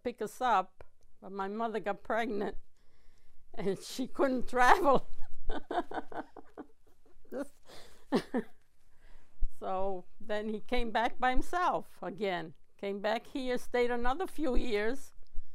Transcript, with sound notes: to pick us up, but my mother got pregnant, and she couldn't travel. ( she laughs ) So then he came back by himself again, came back here, stayed another few years,